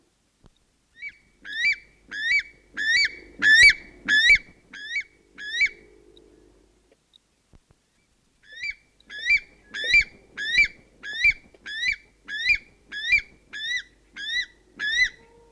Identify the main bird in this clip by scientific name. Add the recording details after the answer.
Gallirallus australis. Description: North Island weka song. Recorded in New Zealand